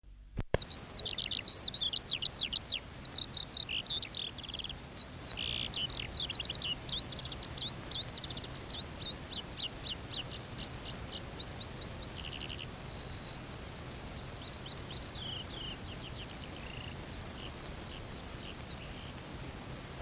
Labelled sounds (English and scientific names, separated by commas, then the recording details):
Eurasian Skylark (Alauda arvensis) song
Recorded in the wild
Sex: male
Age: adult
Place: Schloß Holte-Stukenbrock, Senne, Nordrhein-Westfalen, DE
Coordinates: 51.8833, 8.66667
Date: 1966
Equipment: Uher 4000 Report-S, Bändchenmikro Beyer M 260, Parabolspiegel Polyester (470 mm)
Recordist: Conrads, Klaus
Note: Stukenbrock, nördlich Furlbach. Band Co 8B: Männchen: Gesang. Keine genaue Datumsangabe: Juni 1966